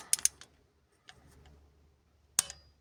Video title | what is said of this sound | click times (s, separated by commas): Suite des travaux sur DS3 HDi 92 | tac. Dès qu'on entend le bruit, claque. C'est bon. | 2.4 s